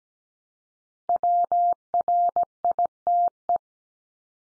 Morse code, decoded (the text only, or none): WRITE